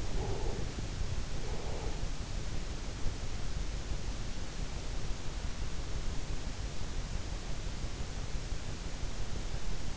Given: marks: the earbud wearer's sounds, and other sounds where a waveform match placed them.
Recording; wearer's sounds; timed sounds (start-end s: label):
sounds in sleep by an in-ear microphone; breath
0.00-1.97 s: breath